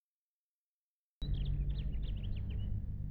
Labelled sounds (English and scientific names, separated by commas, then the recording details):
House Finch (Haemorhous mexicanus) song
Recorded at Hewlett Harbor on Long Island, New York, on 10 June 1975
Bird E